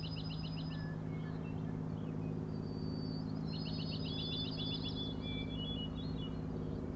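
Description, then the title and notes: Common nighthawk rattling, a short pulsed burst opening and a longer buzzy rattle midway, accompanied by a steady low droning hum. Three birds flying in close formation, rattling noise, flying remarkably close to the recordist; Schoodic Head overlook, Acadia National Park, Winter Harbor, Maine; 16 June 2017, 4am. "Common Nighthawks, Schoodic Head 061617 4am. 3 common nighthawks making peenting calls and wings booms but also a rattling noise at the Overlook (410 ft) on Schoodic Head (435 feet) Schoodic division Acadia National Park Winter Harbor, ME"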